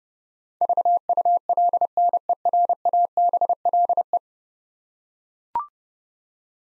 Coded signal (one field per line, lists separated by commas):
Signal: Morse code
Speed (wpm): 30 wpm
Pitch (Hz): 700 Hz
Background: none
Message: VULNERABLE